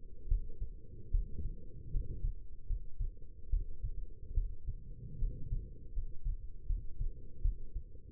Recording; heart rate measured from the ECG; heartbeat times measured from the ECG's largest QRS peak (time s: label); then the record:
heart sounds by stethoscope; 76 bpm
0.29 s: heartbeat
1.11 s: heartbeat
1.91 s: heartbeat
2.67 s: heartbeat
3.50 s: heartbeat
4.34 s: heartbeat
5.19 s: heartbeat
5.93 s: heartbeat
6.67 s: heartbeat
7.42 s: heartbeat
From the record:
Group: healthy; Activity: rest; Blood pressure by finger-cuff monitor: 137/74 mmHg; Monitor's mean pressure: 91 mmHg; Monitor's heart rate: 79 bpm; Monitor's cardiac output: 7.3 L/min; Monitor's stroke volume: 96 mL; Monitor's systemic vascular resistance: 920 dyn s/cm5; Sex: female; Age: 22 years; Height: 171 cm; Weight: 65.6 kg